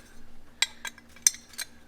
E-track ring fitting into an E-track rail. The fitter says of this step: let go, it locks into place.